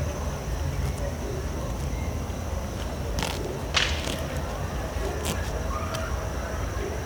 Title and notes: Um cavalo pastando a noite num terreno baldio. Data: 01/07/2017 Horário: 19:19